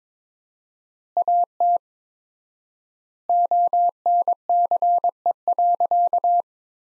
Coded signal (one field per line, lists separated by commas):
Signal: Morse code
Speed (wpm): 22 wpm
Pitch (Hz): 700 Hz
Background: none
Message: AT ONCE.